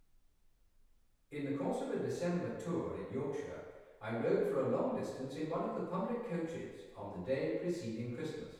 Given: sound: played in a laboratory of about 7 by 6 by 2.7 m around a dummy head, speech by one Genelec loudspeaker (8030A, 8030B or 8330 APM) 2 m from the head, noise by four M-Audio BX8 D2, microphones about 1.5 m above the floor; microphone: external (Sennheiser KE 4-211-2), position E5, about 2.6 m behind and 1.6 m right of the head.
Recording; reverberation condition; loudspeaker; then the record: male speech in English; high; 30 degrees to the left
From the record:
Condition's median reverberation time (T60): about 1300 ms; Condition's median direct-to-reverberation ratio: about -4.0 dB